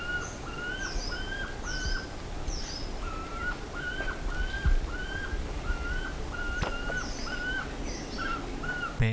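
Bird calls, repeated downslurred whistled notes with a hooked end in a rapid run, over low background rumble.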